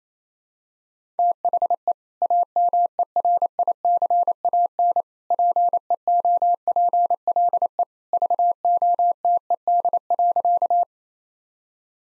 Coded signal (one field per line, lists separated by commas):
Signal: Morse code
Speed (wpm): 28 wpm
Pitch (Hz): 700 Hz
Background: none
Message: THE AMERICAN PEOPLE VOTED.